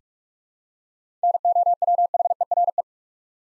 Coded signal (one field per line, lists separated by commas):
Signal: Morse code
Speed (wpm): 46 wpm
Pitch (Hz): 700 Hz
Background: none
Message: NOWHERE